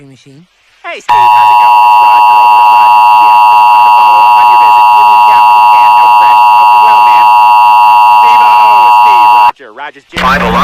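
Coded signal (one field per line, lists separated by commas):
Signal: Emergency Alert System (SAME) tones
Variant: 853 and 960 Hz attention tone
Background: speech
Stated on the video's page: Mock alert, simulated rather than real.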